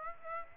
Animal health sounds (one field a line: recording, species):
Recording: mosquito wingbeat signal from an infrared sensor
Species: Aedes aegypti